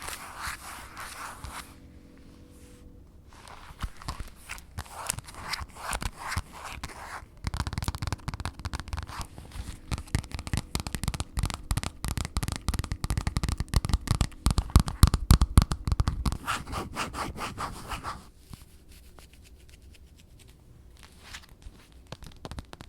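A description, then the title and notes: Fabric scratching and rubbing, in a series of quick rough strokes. It starts sparse and quiet, then from about seven seconds grows into dense, vigorous scratching that peaks near fifteen seconds before dropping back to occasional soft rustles. ASMR Dress Scratching & Fabric Sounds Ada Wong Cosplay.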